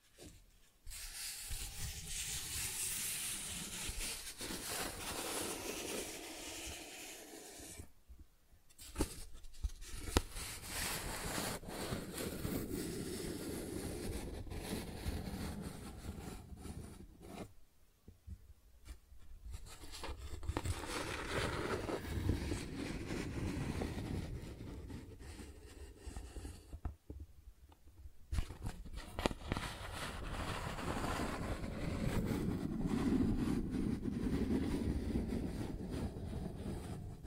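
Cardboard is scratched and traced in long, dense, rough passes with a low rumbling underlayer and a gritty, hissing top. Four sustained stretches are split by brief pauses near 8, 18 and 27 seconds, with occasional sharper scrapes breaking through.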